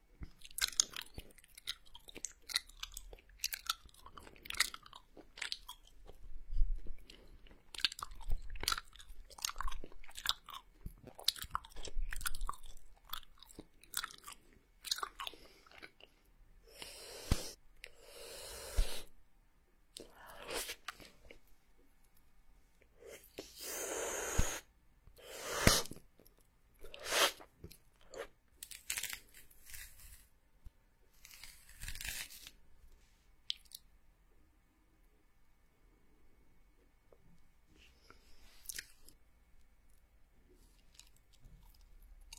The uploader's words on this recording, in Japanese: 口腔音｜跳跳糖、泡泡糖、香蕉、汽水儿、薯片。